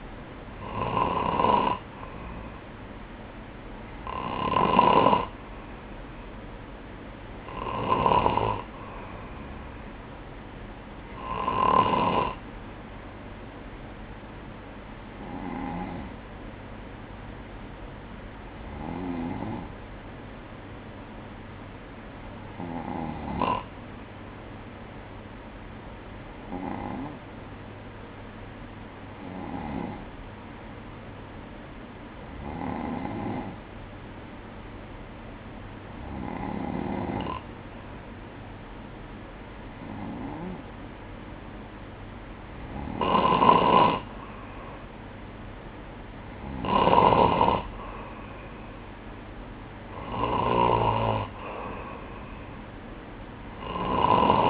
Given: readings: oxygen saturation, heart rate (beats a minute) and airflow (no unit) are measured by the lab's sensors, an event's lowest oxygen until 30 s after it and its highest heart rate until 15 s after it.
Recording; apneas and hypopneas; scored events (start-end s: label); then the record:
breathing in sleep by a voice recorder at the bedside; 1
13.00-49.70 s: hypopnea (N2, oxygen 96% highest, then 93% lowest, heart rate 61 at the start, 63 highest)
From the record:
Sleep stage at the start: N2 (light sleep); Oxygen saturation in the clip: 93 to 96%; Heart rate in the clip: 60 to 63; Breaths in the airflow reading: 15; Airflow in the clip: -4.8 to 5.2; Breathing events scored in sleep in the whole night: 180 in 6.7 hours asleep